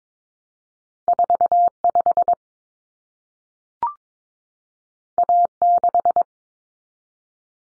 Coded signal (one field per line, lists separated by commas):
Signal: Morse code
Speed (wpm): 22 wpm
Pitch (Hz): 700 Hz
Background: none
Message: 45 A6